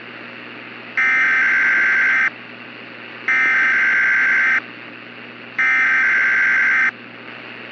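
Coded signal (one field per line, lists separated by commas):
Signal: Emergency Alert System (SAME) tones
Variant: header bursts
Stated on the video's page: Simulated EAS scenario for a fictional hailstorm.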